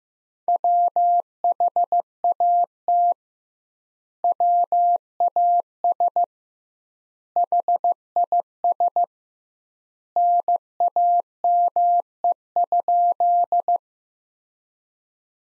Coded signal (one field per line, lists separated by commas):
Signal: Morse code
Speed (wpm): 15 wpm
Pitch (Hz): 700 Hz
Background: none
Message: WHAT WAS HIS NAME?